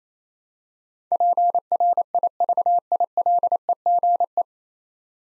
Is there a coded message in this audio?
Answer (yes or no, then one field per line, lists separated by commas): yes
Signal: Morse code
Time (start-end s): 1.1-4.4 s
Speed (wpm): 28 wpm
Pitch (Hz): 700 Hz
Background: none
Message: PRIVILEGE